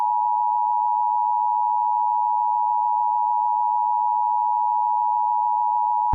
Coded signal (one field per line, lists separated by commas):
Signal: Emergency Alert System (SAME) tones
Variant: 853 and 960 Hz attention tone